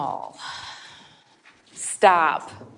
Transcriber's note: sigh